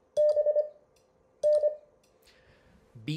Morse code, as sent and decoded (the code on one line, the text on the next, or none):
-... -.
BN